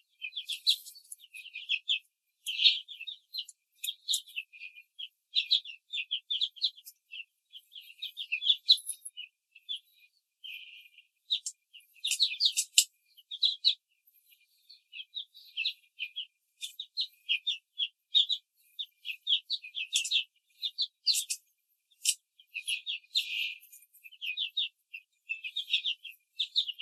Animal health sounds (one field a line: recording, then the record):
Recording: young laying hens in a cage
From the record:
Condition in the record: control cage, after the stress test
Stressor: none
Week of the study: 4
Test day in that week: 1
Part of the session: 3